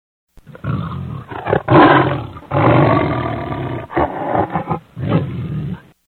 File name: Lion